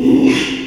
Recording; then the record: squeal of a Yucatan mini pig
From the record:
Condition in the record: after surgery on the right vocal fold (resection and tissue-engineered implant); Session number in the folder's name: 1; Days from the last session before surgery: 6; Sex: male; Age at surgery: 12 weeks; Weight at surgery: 13 kg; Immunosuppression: cyclosporine, prednisolone